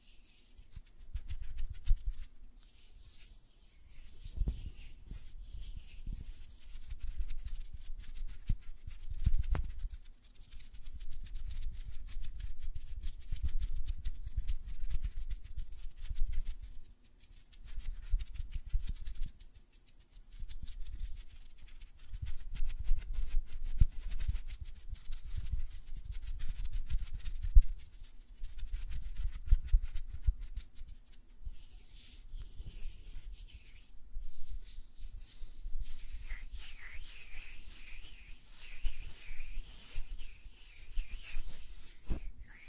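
Irregular soft tapping on nails and fluttering fingers, with heavier thumps near five and ten seconds and a brighter rustling hiss after thirty seconds.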